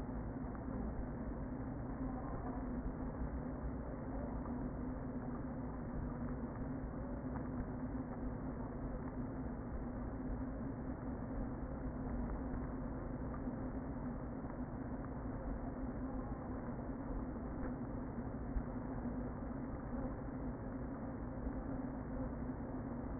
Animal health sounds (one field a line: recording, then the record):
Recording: honeybee colony, microphone inside the hive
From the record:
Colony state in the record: queen present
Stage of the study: before two queens were removed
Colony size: about 60,000 bees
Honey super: yes